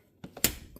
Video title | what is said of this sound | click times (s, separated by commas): 2024/2025 Kawasaki Ridge door latch fix and lube. | boom. We got two clicks. | 0.4 s